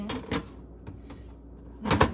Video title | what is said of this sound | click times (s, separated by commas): How to clean filter LG dishwasher | then this goes down and it clicks into place you | 1.9 s, 2.0 s